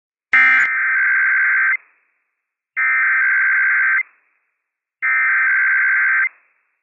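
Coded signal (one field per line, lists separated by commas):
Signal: Emergency Alert System (SAME) tones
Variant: header bursts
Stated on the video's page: IPAWS weekly test alerts.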